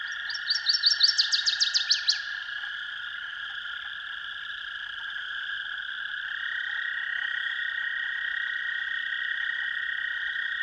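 Northern waterthrush song: a loud burst of sharp, descending notes lasting about two seconds, then only a steady drone.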